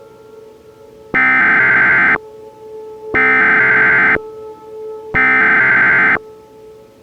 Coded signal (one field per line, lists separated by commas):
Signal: Emergency Alert System (SAME) tones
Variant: header bursts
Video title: The Great Tornado of the Carolina Coast [EAS Scenario]